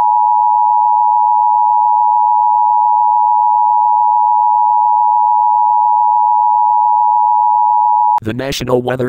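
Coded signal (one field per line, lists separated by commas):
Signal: Emergency Alert System (SAME) tones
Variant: 853 and 960 Hz attention tone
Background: speech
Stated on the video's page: Simulated EAS alert made with a new product for simulation videos.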